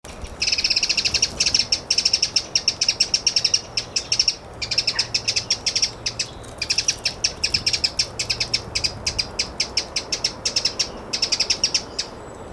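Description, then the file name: Eurasian wren calling, a long rapid run of dry ticking notes with a couple of brief breaks, over a low background rumble. "Troglodytes troglodytes"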